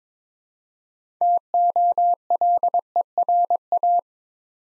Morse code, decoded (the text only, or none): TOLERA